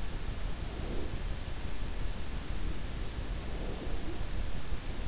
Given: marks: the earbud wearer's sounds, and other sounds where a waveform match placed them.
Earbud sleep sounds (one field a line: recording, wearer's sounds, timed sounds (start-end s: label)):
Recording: sounds in sleep by an in-ear microphone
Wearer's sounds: breath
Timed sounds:
0.69-1.21 s: breath
3.47-4.09 s: breath